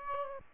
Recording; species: mosquito wingbeat signal from an infrared sensor; Aedes aegypti